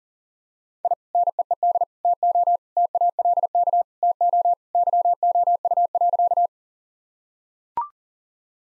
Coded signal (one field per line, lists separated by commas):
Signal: Morse code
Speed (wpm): 40 wpm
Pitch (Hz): 700 Hz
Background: none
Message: I NEED TO TALK TO YOU.